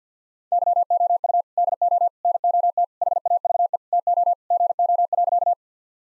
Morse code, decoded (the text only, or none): YOU DO NOT HAVE TO GO.